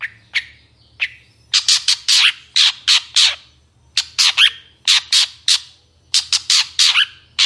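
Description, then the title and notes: Long-tailed Shrike repeating harsh, squawking bursts in irregular clusters. Morning song of a vigorously singing long-tailed shrike, in the 'toet toet' variation style, described as having a clear voice that is easy to imitate. "Cendet Gacor Dor Di Kala Pagi Toet Toet Variasi Suara Jernih Mudah Di Tiru. Burung cendet"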